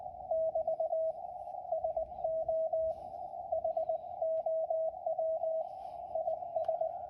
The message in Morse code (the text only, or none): <BT> SO HOW IS